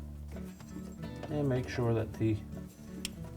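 A plastic quick-connect wire harness plug from an evaporator fan motor, Frigidaire part number 5300158289, is pushed into its mating refrigerator harness connector. Someone talks over light background music, and a sharp, short click sounds at 3.0 seconds. The locking tab snaps into place and the connector is seated.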